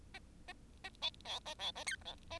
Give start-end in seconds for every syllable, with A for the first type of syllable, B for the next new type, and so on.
0.14-0.19 A, 0.48-0.53 A, 0.84-0.89 A, 1.01-1.09 B, 1.25-1.40 C, 1.45-1.54 A, 1.59-1.71 C, 1.75-1.84 A, 1.86-1.96 D, 2.05-2.15 C, 2.30-2.39 A